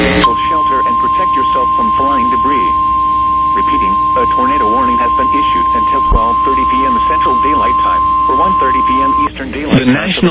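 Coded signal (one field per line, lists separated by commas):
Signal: Emergency Alert System (SAME) tones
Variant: 1050 Hz attention tone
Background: speech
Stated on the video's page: Personal captures of real EAS alerts during a severe weather event in the South.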